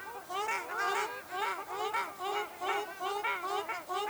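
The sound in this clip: Ruddy shelduck honking calls, rapid nasal honks repeated about twice a second in a steady overlapping chorus.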